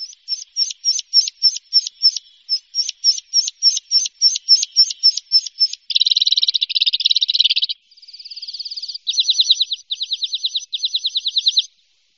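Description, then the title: Greater green leafbird delivering a long series of sharp ticking notes repeated about four times a second, followed by harsh buzzy rattles and fast trilled bursts. "Kicau Cucak Ijo"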